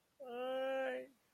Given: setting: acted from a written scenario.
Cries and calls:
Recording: vocal sound without words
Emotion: distress

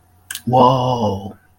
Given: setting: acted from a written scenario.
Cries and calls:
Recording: vocal sound without words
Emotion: awe

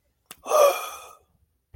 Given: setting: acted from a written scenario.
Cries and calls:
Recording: vocal sound without words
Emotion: triumph

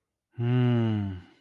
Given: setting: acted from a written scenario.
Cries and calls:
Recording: vocal sound without words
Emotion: serenity

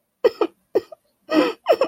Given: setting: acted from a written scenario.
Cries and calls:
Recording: vocal sound without words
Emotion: sadness

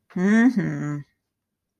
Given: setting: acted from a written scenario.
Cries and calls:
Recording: vocal sound without words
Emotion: neutral

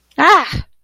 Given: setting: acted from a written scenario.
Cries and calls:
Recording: vocal sound without words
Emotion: negative surprise

